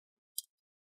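A captive heat sink screw with a plastic retaining collar is unscrewed from the heat sink of a Dell Inspiron 16 5620 laptop. At 0.4 s the collar releases with one short, bright click, concentrated in the high frequencies, and the screw comes free. The rest of the second is near silent.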